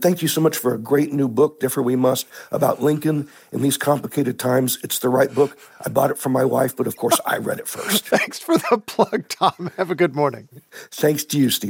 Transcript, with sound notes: And thank you so much for a great new book, "Differ We Must," about Lincoln in these complicated times. It's the right book. I bought it for my wife, but of course I read it first.
(Laughter) Thanks for the plug, Thom. Have a good morning.
Thanks to you, Steve.